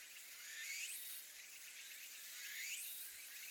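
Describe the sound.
Insect call, a dense high buzzing hiss with a rising sweep near the start and another near the end, steady throughout.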